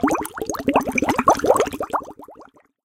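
A rapid run of bubbling, popping gurgles over about two and a half seconds from an adult's belly: ordinary stomach rumbling, a slight blubbering of the bowel.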